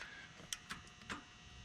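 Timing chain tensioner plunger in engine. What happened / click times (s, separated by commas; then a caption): The spring-loaded tensioner plunger snapped out and released / 0.5 s. After the key is pulled from the Alba Racing timing chain tensioner installed in the engine of a Polaris RZR 1000 XP, the tensioner is lightly bumped and releases its spring-loaded metal plunger with a sharp click at 0.5 s. Quieter ticks follow at about 0.7 s and 1.1 s. The tensioner has released.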